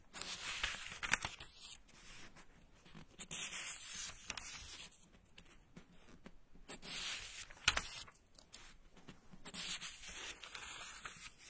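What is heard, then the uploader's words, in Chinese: Pages of a book being turned, with papery rustles and soft rubbing that swell and fade in uneven waves. Two sharp snaps of paper stand out, near the first second and again around the eighth. The background is quiet. 鹿老师的自习室，在我的翻书声中入睡吧。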